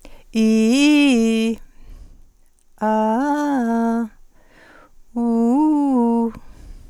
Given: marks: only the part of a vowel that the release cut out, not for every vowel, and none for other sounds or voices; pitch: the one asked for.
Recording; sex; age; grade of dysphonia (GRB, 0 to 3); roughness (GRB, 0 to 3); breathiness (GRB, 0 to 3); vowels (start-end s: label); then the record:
sustained vowels; female; 50 to 59 years; 0; 0; 0
0.43-1.42 s: vowel /i/, low-high-low pitch
2.85-3.99 s: vowel /a/, low-high-low pitch
5.20-6.23 s: vowel /u/, low-high-low pitch
From the record:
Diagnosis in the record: healthy voice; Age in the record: 55 years